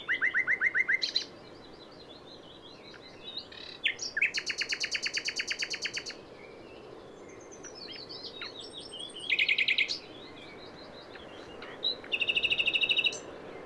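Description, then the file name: Common nightingale song: a buzzy repeated trill, then rapid pulsed rattles and scattered high whistles, with fast repeated notes near the end. "Luscinia megarhynchos"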